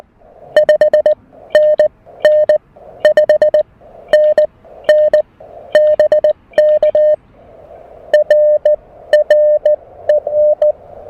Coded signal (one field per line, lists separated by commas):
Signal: Morse code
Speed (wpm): 16 wpm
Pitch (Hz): 590 Hz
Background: music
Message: 5 N N 5 N N BK R R EN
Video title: First POTA activation with the new Mountain Topper MTR-4B V2!